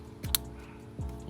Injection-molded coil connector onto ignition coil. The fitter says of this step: can hear them click once they're secure number six